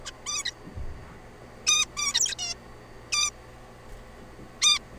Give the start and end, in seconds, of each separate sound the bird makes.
0.05-0.11, 0.26-0.43, 0.45-0.51, 1.66-1.84, 1.97-2.35, 2.38-2.55, 3.12-3.30, 4.62-4.79